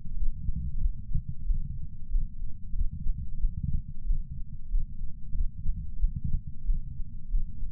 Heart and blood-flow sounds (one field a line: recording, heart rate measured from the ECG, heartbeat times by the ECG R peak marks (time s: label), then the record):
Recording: heart sounds by patch sensor on the chest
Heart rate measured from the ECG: 92 bpm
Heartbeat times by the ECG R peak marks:
0.15 s: heartbeat
0.78 s: heartbeat
1.44 s: heartbeat
2.09 s: heartbeat
2.73 s: heartbeat
3.38 s: heartbeat
4.04 s: heartbeat
4.69 s: heartbeat
5.33 s: heartbeat
5.97 s: heartbeat
6.64 s: heartbeat
7.28 s: heartbeat
From the record:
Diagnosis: coronary artery disease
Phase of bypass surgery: postoperative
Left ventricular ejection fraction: 63.7%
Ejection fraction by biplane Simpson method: 59.4%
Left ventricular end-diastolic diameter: 49 mm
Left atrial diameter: 35 mm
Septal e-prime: 7.3 cm/s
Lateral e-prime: 9.8 cm/s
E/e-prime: 7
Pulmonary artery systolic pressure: 20 mmHg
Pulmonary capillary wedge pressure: 4 mmHg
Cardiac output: 5.4 L/min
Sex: male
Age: 69 years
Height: 174 cm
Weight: 79 kg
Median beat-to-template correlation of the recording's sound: 0.69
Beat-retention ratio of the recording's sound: 1.00